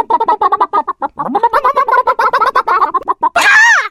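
Turkey gobbling, a fast gurgling rattle of rapid pulses running for about three seconds, then one higher, harsher note that falls away at the end.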